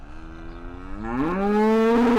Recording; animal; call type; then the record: contact call of a hoofed animal; cattle; low-frequency (closed-mouth) or high-frequency (open-mouth) call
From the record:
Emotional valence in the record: negative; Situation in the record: full separation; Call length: 2.2 s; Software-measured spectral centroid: 1350 Hz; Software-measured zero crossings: 840 a second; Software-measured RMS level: -22 dBFS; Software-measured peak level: -16 dBFS